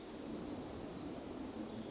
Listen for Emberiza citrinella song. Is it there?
yes